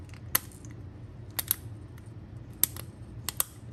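Plastic retaining catches are pressed onto the fuel pressure regulator in a Buell XB fuel pump assembly, giving sharp clicks at 0.4 s and 2.6 s among several other short snaps. The catches only partly seat: one is missed and a couple come out.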